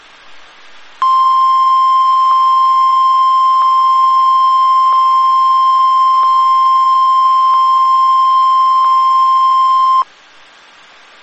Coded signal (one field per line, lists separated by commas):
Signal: Emergency Alert System (SAME) tones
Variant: 1050 Hz attention tone